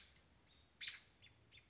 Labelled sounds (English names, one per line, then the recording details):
American Robin
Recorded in Sonoma County, California